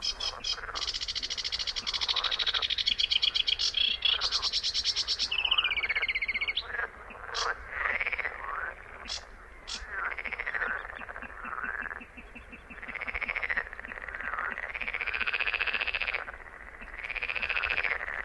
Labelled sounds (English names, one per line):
Sedge Warbler song